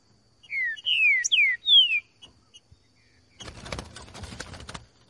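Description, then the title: Green-winged Saltator whistling four rich, descending notes in a fast phrase, followed by a burst of dense crackling noise. Song style called voz 10, recorded in the bush, used to warm up a trinca-ferro and make it sing. "Canto De Trinca Ferro Voz 10. TRINCA FERRO CANTANDO NO MATO. ESQUENTAR TRINCA FERRO"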